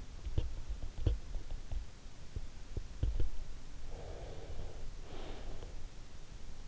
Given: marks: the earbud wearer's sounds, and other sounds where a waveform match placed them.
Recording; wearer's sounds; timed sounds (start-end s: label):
sounds in sleep by an in-ear microphone; breath
3.27-6.35 s: breath